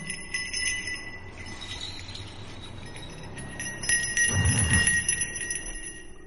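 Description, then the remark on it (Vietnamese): A handheld bell being shaken rings in a steady, even rhythm, its bright metallic tones sustaining and overlapping throughout, with a fuller low rumble swelling briefly near the end. No one speaks. “Cùng với tiếng gọi, đâu đó vang lên nhịp chuông đều đều, là cái nhịp chuông quen thuộc.”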